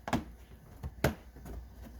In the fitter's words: Those little pieces pop in place.